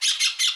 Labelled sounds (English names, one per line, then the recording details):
Brown-throated Parakeet contact call
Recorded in Aruba
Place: Cunucu Arikok, S side of Ceru Arikok
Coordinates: 12.502, -69.950